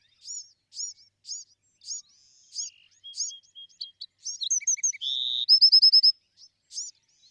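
Bewick's wren: a run of evenly spaced high chips building into a jumbled phrase, a buzzy note and a loud, fast trill.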